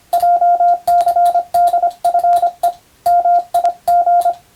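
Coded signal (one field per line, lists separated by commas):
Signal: Morse code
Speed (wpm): 25 wpm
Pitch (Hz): 700 Hz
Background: radio noise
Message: JCDFE MIG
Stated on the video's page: Morse practice for the Japanese radiotelegraph operator national exam, using European-language telegram practice texts.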